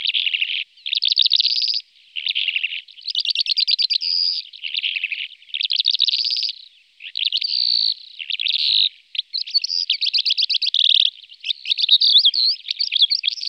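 Calandra lark song, continuous and rich, mixing rapid buzzy trills, scratchy chatter and high chirps in long unbroken phrases with only brief pauses.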